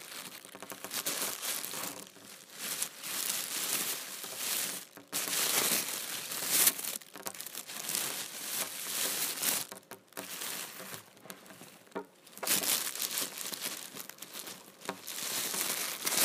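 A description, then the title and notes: A large plastic trash bag is crumpled and handled, making dense, bright crinkling that rustles almost continuously. The sound swells and eases in irregular bursts, with brief near-silent pauses around five, ten and twelve seconds. ASMR Big Ol Trash Bag.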